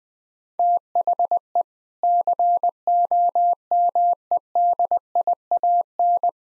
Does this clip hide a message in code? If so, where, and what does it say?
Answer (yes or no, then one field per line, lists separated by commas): yes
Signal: Morse code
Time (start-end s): 0.6-6.3 s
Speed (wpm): 21 wpm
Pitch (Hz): 700 Hz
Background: none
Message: THE COMEDIAN